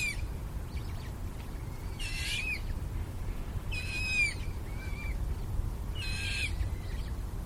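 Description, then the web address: Eurasian coot young calling in short, thin squeaky bursts about every two seconds, with quiet gaps and a constant low background rumble. Young birds. "linnut nokikana nuoret"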